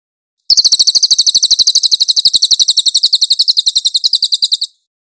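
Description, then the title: Cililin singing one long, shrill, rapidly pulsed trill of about four seconds, steady in pitch, with silence before and after. Master (tutor) song of the cililin, clear audio. "MASTER SANGAT BAGUS SUARA BURUNG CILILIN, AUDIO JERNIH"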